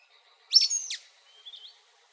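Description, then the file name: Sulphur-bellied flycatcher giving a sharp, squeaky two-part call, followed by a thin, slightly rising whistle. Recorded in Arizona. "SBFL 3 deviche"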